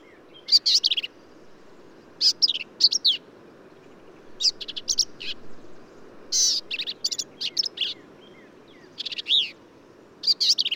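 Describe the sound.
Black-capped vireo singing many short, harsh, high-pitched phrases of chatters and squeaky slurs, spaced irregularly across the recording, over faint background noise.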